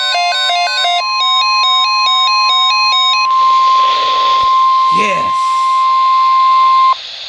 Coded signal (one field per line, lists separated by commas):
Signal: Emergency Alert System (SAME) tones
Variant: 1050 Hz attention tone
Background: speech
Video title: Severe Thunderstorm Watch 7-26-12 (EAS#40)